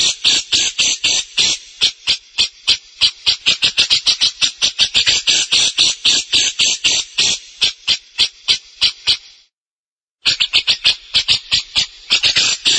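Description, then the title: Grey-cheeked bulbul song: a fast run of harsh, buzzy notes repeated rapidly, pausing briefly near the end before resuming. "CUCAK JENGGOT"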